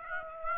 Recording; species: mosquito wingbeat signal from an infrared sensor; Aedes aegypti